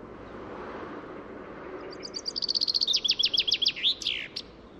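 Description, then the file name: Common chaffinch song: after a quiet start, a quick series of high notes slows into a descending run of stronger, sharper notes, ending in a downward flourish over steady low background noise. "Fringilla coelebs"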